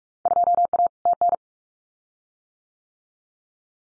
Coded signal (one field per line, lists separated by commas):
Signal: Morse code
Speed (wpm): 46 wpm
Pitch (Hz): 700 Hz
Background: none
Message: 2A TN